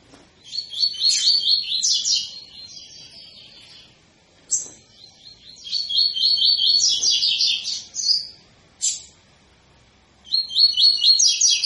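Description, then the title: Double-collared seedeater song: repeated phrases of rapid high twittering with short gaps between them. Tui-tui song type; recording intended for teaching young birds the song (fibra, professor). "COLEIRO TUI TUI FIBRA CANTO PROFESSOR"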